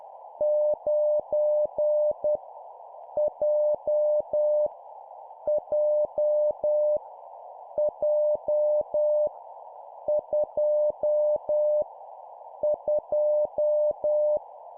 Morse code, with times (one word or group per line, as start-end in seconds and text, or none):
0.4-2.4 9
3.2-4.7 J
5.5-7.0 J
7.8-9.3 J
10.1-11.8 2
12.6-14.4 2